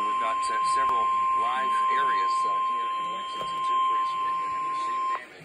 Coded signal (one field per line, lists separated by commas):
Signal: Emergency Alert System (SAME) tones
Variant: 1050 Hz attention tone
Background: speech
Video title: Tornado Warning (EAS #457)